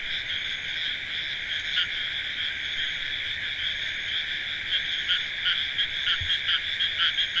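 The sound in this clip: Frog chorus of fast, overlapping rattling croaks, a continuous pulsing wall of sound with brief louder bursts near the end.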